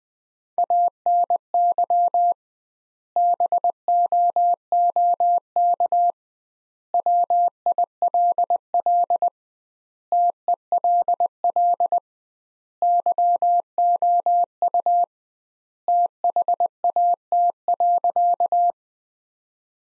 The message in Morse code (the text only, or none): ANY BOOK WILL TELL YOU THAT.